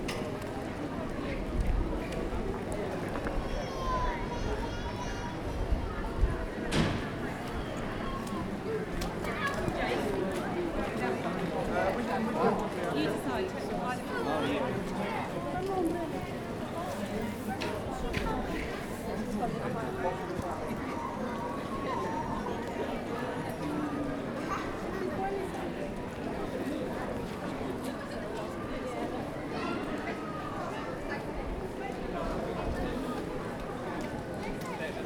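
A busy outdoor Christmas market: dense, steady crowd chatter with many overlapping voices as the walk moves through. A sharp knock stands out around seven seconds, with smaller clicks and clatters scattered through the rest.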